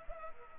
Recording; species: mosquito wingbeat signal from an infrared sensor; Culex pipiens